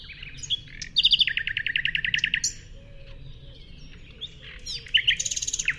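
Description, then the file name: Common nightingale song: a rapid run of many even repeated notes, a short pause, then another quick repeated burst. "Luscinia megarhynchos"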